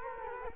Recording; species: mosquito wingbeat signal from an infrared sensor; Culex quinquefasciatus